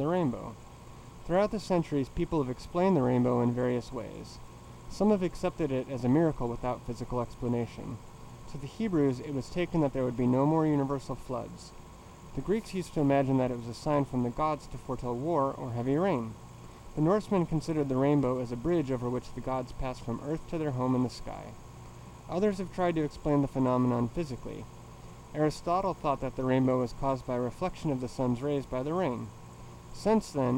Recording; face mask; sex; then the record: reading aloud; surgical mask; male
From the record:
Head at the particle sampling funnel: tilted down, bridge of the nose in front of it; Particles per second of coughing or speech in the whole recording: 1.56